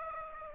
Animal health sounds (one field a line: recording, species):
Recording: mosquito wingbeat signal from an infrared sensor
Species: Aedes aegypti